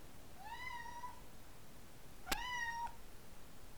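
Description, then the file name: Siberian cat giving two drawn-out, level meows, the second following a sharp click, over soft background hiss. "Sibirskij Kot - Myaukane"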